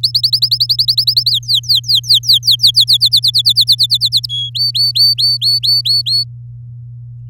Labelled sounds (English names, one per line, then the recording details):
Domestic Canary song
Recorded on 8 May 2018 at 11:02
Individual llb16